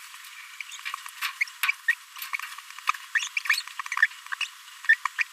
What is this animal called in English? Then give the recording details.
Green-rumped Parrotlet. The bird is a male. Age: 26 days. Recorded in a nest box in Venezuela. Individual 17B42A3